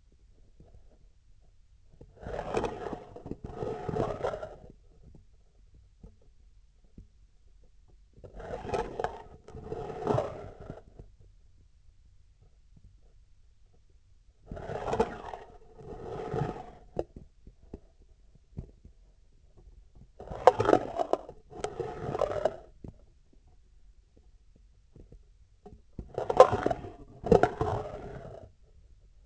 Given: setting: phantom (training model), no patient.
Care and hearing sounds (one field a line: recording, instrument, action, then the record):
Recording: laparoscopic instrument, vibration sensor on the handle end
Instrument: scissors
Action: approaching and retracting movements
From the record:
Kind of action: spatial motion